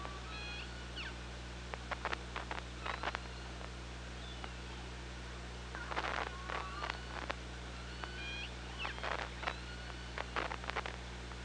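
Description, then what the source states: Killer whale clicks come in dense bursts, with a few brief tonal call fragments between them, over a steady low hum. Recorded on the OrcaLab hydrophone, 24 August 2017 at 15:47.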